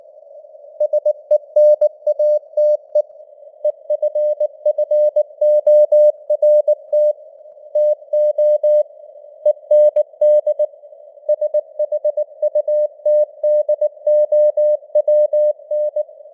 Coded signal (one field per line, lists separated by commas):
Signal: Morse code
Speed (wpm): 19 wpm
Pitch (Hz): 600 Hz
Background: none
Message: SENATE EFFORT TO END SHUTDOWN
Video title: Morse Code News | 2025-10-04 | 19wpm